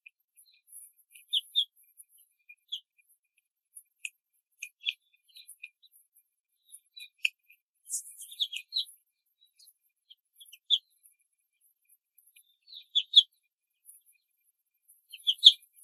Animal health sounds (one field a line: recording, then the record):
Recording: young laying hens in a cage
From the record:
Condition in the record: control cage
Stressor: none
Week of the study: 5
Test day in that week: 1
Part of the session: 2